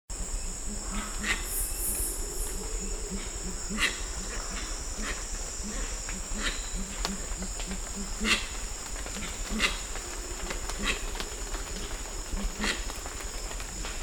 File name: Grey winged trumpeter